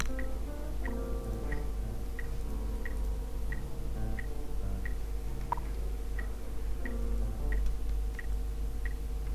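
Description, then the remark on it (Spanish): A metronome ticks steadily, about one sharp click every 0.7 seconds, with one noticeably stronger accented beat, all over sustained keyboard music playing underneath. “Un metrónomo para tanto con un golpe distinto.”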